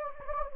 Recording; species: mosquito wingbeat signal from an infrared sensor; Anopheles gambiae